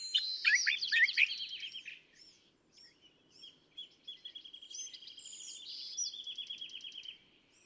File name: California Thrasher